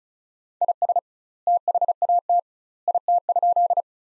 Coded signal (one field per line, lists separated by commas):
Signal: Morse code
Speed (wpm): 35 wpm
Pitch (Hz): 700 Hz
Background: none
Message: IS THAT IT?